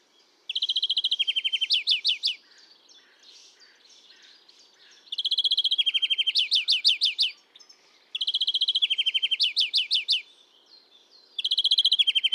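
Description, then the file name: European greenfinch song: fast buzzy trills followed by a quick series of rising chirps, the phrase repeated several times with pauses between. "Chloris chloris"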